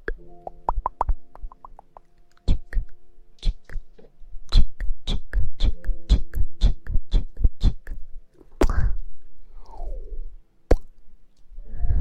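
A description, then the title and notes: Soft blowing and kissing sounds in the ear come as a run of short, quick smacks and pops, about two or three per second, with brief pauses between bursts. Near nine seconds a longer airy breath sweeps downward, and a faint low hum runs throughout. ASMR Blowing in the ear, kissing in the ear.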